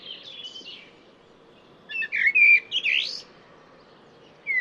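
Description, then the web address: Bird song with a faint high phrase, then a louder burst of quick, slurred whistled notes, and another note starting at the end over light background hiss. "cianscape birddata Deverinetal 2025 Bird Only Tu Me Tu Me"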